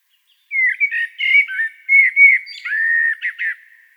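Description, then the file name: Common blackbird song: one continuous phrase of mellow fluted warbling notes that slide up and down, ending in a few short squeaky twitters, with no other sounds. "Turdus merula"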